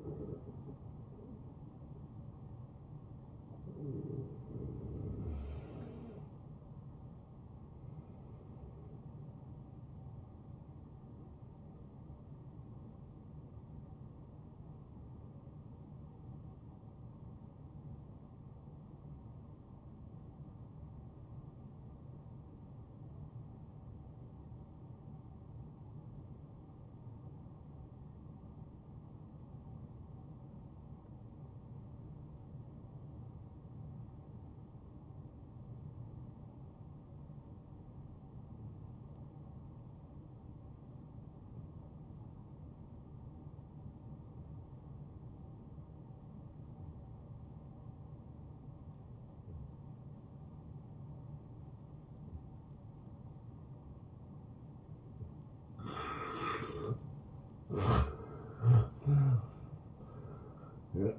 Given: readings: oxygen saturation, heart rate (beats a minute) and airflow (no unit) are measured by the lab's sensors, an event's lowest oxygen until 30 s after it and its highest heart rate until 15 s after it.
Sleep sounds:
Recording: breathing in sleep by a smartphone at the bedside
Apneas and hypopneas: 1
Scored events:
15.00-56.50 s: hypopnea (N1, oxygen 96% highest, then 82% lowest, heart rate 75 at the start, 82 highest)
24.00-54.00 s: new sleep stage, N2 (light sleep)
54.00-61.19 s: new sleep stage, N1 (lightest sleep)
From the record:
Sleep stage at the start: N1 (lightest sleep)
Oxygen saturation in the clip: 82 to 96%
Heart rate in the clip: 52 to 78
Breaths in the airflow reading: 9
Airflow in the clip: -14.5 to 8.2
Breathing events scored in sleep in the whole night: 263 in 5.5 hours asleep

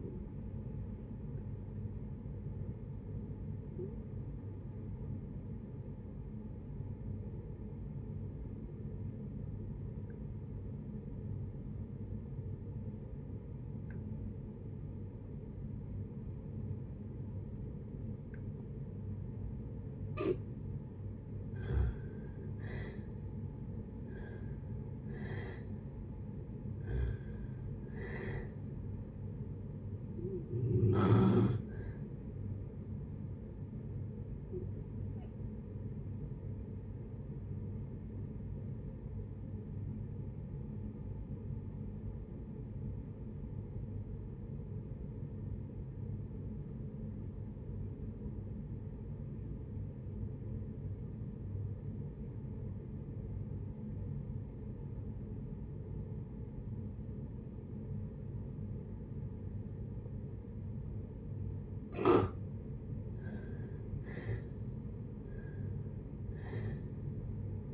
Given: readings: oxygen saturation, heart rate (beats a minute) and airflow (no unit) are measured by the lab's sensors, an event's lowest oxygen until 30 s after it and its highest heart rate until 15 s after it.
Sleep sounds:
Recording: breathing in sleep by a smartphone at the bedside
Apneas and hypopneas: 2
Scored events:
5.00-22.10 s: obstructive apnea (N1, oxygen 94% highest, then 75% lowest, heart rate 68 at the start, 76 highest)
38.00-61.50 s: obstructive apnea (N1, oxygen 94% highest, then 68% lowest, heart rate 64 at the start, 77 highest)
From the record:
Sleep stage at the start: N1 (lightest sleep)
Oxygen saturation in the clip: 75 to 94%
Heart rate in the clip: 56 to 76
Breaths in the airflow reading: 10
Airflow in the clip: -7.7 to 8.1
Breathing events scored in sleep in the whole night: 496 in 5.4 hours asleep

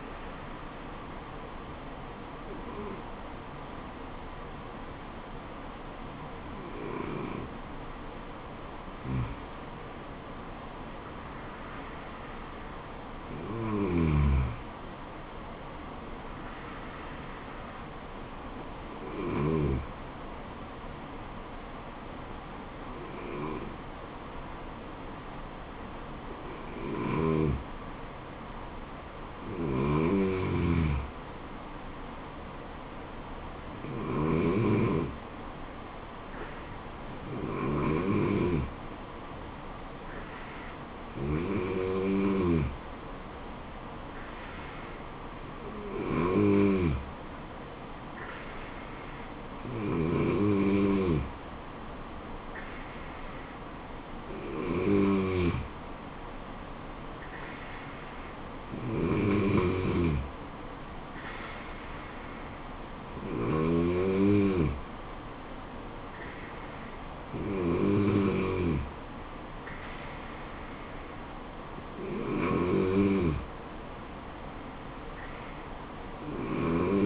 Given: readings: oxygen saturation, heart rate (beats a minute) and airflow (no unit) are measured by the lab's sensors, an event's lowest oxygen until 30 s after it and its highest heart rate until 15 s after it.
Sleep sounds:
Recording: breathing in sleep by a voice recorder at the bedside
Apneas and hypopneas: 1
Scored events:
3.00-28.50 s: hypopnea (N2, oxygen 96% highest, then 93% lowest, heart rate 72 at the start, 77 highest)
From the record:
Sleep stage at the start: N2 (light sleep)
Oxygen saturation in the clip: 92 to 96%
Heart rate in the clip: 69 to 77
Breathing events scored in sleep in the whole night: 426 in 7.4 hours asleep

